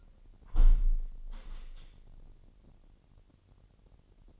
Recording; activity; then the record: daily activity, microphone in the room; close window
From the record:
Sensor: 4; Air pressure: 998.8 hPa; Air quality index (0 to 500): 122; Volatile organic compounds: 2 ppm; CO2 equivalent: 1203 ppm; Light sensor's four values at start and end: 9/22/8/9 and 9/22/8/9